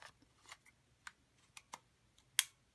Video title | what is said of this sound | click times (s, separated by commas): Nintendo Switch Unboxing | right so I get on one on you can hear it click here | 2.4 s